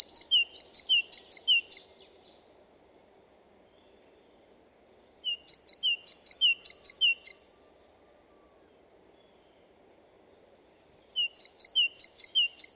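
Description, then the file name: Great tit repeating a rhythmic two-note phrase in three separate strophes, each a steady string of high sharp notes and lower slurred whistles. "Parus major"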